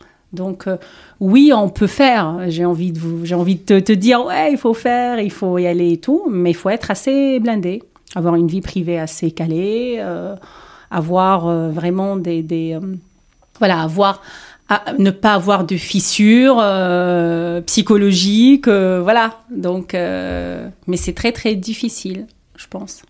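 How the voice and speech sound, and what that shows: Adult woman, born in Tunisia, speaking French with stuttering: word repetitions ("te, te"), prolonged sounds and frequent filled pauses ("euh") with breaks between phrases. She has stuttered since age five and describes stuttering as lifelong.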